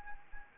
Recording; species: mosquito wingbeat signal from an infrared sensor; Anopheles gambiae